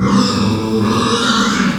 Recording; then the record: squeal of a Yucatan mini pig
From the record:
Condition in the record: after surgery on the right vocal fold (resection and tissue-engineered implant); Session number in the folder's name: 13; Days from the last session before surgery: 113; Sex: female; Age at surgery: 19 weeks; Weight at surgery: 25 kg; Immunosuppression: prednisolone